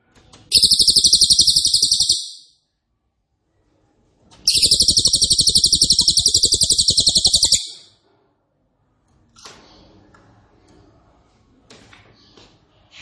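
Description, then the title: Cililin song: two long, loud, rapid buzzing trills of tightly packed high notes, followed by several seconds of faint background noise. Loud, dense, rapid-fire song style ('nembak keras dan rapat') used as a favourite training recording (masteran) for oriental magpie-robin, leafbird and white-rumped shama. "Cililin NEMBAK KERAS dan RAPAT masteran murai batu cucak ijo dan kacer"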